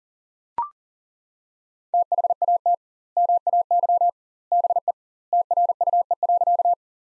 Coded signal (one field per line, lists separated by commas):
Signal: Morse code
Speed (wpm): 40 wpm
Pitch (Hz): 700 Hz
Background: none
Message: THAT MAY BE TRUE.